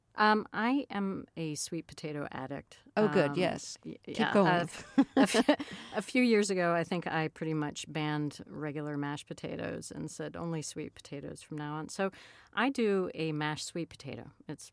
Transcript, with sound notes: I am a sweet potato addict.
Oh good, yes, keep going.
(LAUGHTER)
A few years ago, I think I pretty much banned regular mashed potatoes and said only sweet potatoes from now on. So I do a mashed sweet potato.